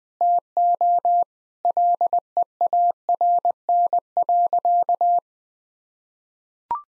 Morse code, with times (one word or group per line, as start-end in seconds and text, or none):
0.2-1.2 TO
1.6-5.2 LEARN.